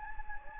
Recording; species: mosquito wingbeat signal from an infrared sensor; Anopheles gambiae